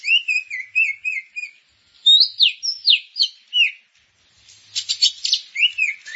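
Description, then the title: Grey-cheeked bulbul singing: a series of short descending whistled notes, then louder sweeping whistles, a short pause and a burst of harsh buzzy chatter. "Kicau Burung Cucak Jenggot"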